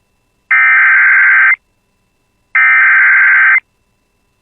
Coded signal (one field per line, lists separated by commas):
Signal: Emergency Alert System (SAME) tones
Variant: header bursts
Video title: [EAS] Severe Thunderstorm Watch Expansion to Include Bemidji Area (6/10/26)